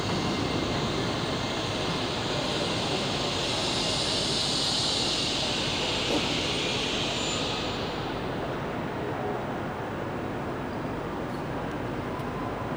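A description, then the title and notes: A dense, steady roar fills a central station, with a bright hissing whine over the first eight seconds that then fades, amid faint murmured voices. Central Station is my favourite musical instrument.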